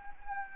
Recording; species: mosquito wingbeat signal from an infrared sensor; Anopheles gambiae